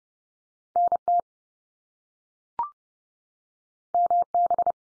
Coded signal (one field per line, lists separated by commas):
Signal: Morse code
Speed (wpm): 30 wpm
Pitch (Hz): 700 Hz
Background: none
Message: NT MB